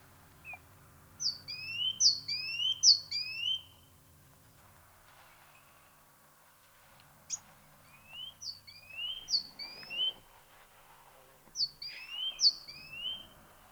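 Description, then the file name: Great tit singing bursts of paired whistled notes, high then lower and rising, in three short series separated by pauses, with faint low background rumble. "Parus major"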